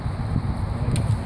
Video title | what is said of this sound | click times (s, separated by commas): Master Bowyer Tom Turgeon watches Plano Texas students shoot their new bows | Okay, go ahead and snap that right on. You'll hear the arrow snap. There you go. | 1.0 s